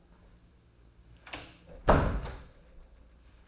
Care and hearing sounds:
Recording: daily activity, microphone in the room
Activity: close door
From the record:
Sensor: 2

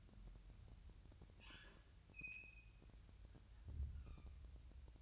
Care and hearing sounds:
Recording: daily activity, microphone in the room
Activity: open fridge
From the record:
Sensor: 2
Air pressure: 999.9 hPa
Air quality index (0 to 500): 121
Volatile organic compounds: 2 ppm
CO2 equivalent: 1037 ppm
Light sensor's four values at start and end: 30/76/32/36 and 30/76/32/36

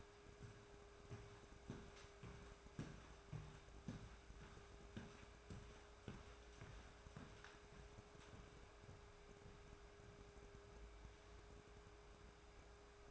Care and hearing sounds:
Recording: daily activity, microphone in the room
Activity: walk to room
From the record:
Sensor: 2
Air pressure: 1010.3 hPa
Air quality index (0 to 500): 160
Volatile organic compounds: 7 ppm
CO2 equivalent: 2009 ppm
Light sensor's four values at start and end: 42/100/45/52 and 43/105/47/54

